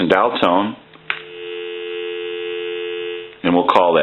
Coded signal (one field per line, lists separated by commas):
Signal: telephone call progress tone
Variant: North America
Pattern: dial tone